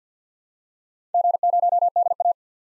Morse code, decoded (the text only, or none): G0DA